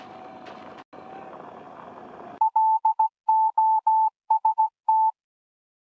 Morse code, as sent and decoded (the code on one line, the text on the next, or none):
.-.. --- ... -
LOST